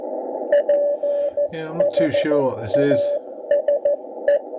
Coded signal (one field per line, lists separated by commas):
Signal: Morse code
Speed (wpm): 13 wpm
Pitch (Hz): 560 Hz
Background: speech, radio noise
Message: PHASE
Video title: 3.500 - 3.800 (80mtrs) SSB & CW